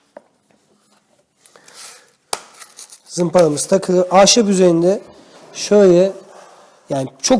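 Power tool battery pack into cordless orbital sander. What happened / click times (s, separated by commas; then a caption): The battery pack latched into the tool / 2.3 s. A 5.2 Ah slide-in lithium battery pack is pushed into an Einhell TC-OS 18/187 cordless orbital sander, with faint handling rustles before a sharp, loud click at 2.3 s as the pack latches and seats. Afterward, someone talks.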